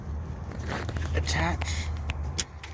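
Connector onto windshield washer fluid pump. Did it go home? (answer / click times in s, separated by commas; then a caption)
yes / 2.4 s. While a new windshield washer fluid pump is fitted on the fluid reservoir of a 2014 Ford Escape whose washer fluid wasn't working, a plastic connector is pushed onto the pump as someone talks. A single sharp plastic click sounds at 2.4 s, and the connector is seated securely on the pump.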